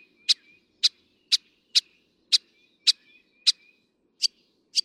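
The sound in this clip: Northern mockingbird song of sharp, high chip notes repeated about twice a second.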